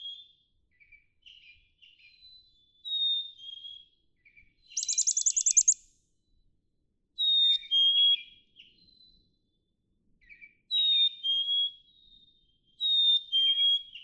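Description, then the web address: Black-capped chickadee: soft chirps and a two-note whistle, a brief harsh buzzy burst, then its two-note descending whistle three times. "birdsongforthecurious Black-capped Chickadee"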